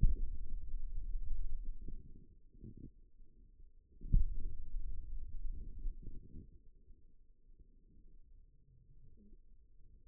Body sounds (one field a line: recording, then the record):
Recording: forearm muscle sounds (acoustic myography)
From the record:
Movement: finger pinch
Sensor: system 2, bracelet of six BSWA MPA416 microphones around the upper forearm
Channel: 1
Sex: male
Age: 22 years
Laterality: right